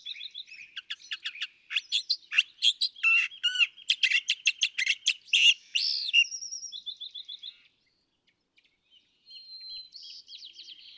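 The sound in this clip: California thrasher song of rich, scratchy and whistled phrases tumbling quickly, loud in the middle, then a brief silence before softer notes resume.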